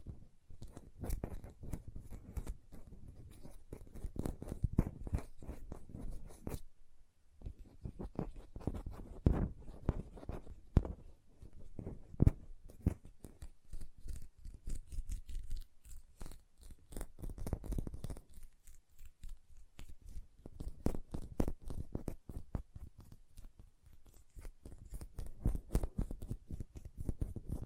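Hand sounds with nail tapping and lotion, made up of dense runs of quick clicks and taps with a soft wet, rubbing texture underneath. The activity comes in bursts, pausing briefly around 7, 16 and 19 seconds before resuming at a similar busy pace.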